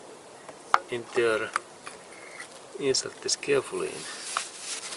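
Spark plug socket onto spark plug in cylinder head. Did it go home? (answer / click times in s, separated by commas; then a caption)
yes / 4.4 s. A spark plug socket is lowered carefully down the plug well of a 2003–2007 Honda Accord cylinder head and pushed onto the spark plug while someone talks. At 4.4 s a sharp click is heard as the socket's insert grips the plug's ceramic body, showing the tool is deep enough and seated.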